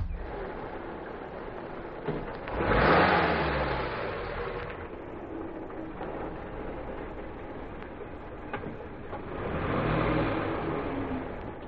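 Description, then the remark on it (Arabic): A car engine rumbles steadily, revving up in a loud swell early on, then drones along and surges again as a man drives off in the car to Cairo, with no voices. “مش البي ده اللي خرج بالعربية؟”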